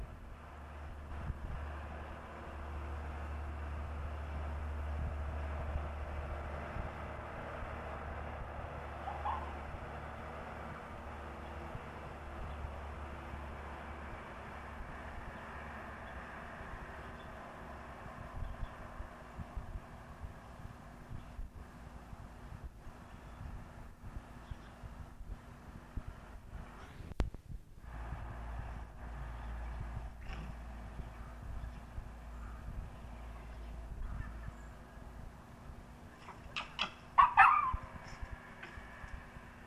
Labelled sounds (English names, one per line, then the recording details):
Corsac Fox
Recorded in captivity
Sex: male
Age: adult
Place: Zoologisches Institut der HUB, Berlin, DE
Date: 1969-01-04 11:00
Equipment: Uher 4000 Report Monitor, GDM 121
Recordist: Tembrock, Günter